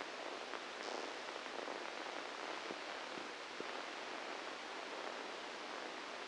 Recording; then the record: brain microelectrode recording played as sound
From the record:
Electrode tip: inside the subthalamic nucleus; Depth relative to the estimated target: -1 mm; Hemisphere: left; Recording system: NeuroSet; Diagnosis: Parkinson's disease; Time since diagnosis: 9 years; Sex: female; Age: 51 years